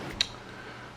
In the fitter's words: it down and it usually pops and makes a little clicking you're popping sound once it's in there okay alright